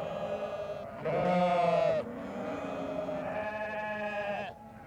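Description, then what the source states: Sheep bleating almost continuously: overlapping quavering bleats, one loud and strong around the second second, then a longer, softer bleat. Sheep sounds used in a composition, Galerie Bernd Klüser, 1986.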